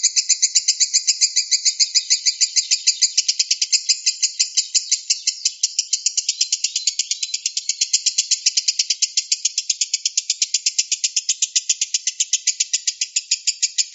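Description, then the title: Lovebird in long continuous chatter, sharp high-pitched pulses running steadily and quickly for the whole stretch with no pauses. Konslet call type, a long unbroken chatter. "Lovebird Konslet"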